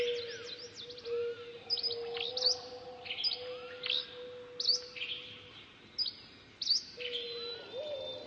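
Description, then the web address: Birds chirping, with sharp high downswept notes in repeated bursts over a low whistled tone that bends upward near the end. "funny birds"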